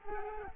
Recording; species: mosquito wingbeat signal from an infrared sensor; Culex quinquefasciatus